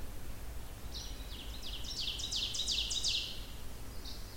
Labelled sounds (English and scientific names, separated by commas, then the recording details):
Ovenbird (Seiurus aurocapilla) song
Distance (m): 55 m
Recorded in boreal forest in Alberta, Canada, on 16 June 2016 at 06:12
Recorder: SongMeter 3, array SBT-3-32
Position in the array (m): 113 m, 145 m
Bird 37